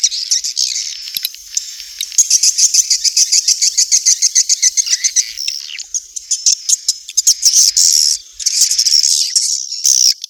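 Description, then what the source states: Swiftlet twittering: dense, shrill chirps repeated rapidly, several a second, with loud buzzy bursts toward the end. Asia; sound used in swiftlet farming to attract the birds.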